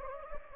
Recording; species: mosquito wingbeat signal from an infrared sensor; Anopheles gambiae